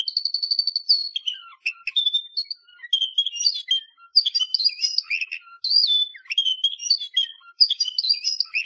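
Canary song beginning with a steady high trill, followed by varied whistled and warbled notes sliding up and down.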